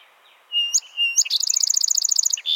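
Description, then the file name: Song sparrow singing: two or three whistled introductory notes, then a quick, even, high trill, ending in a brief buzzy note. "Melospiza melodia - Song Sparrow"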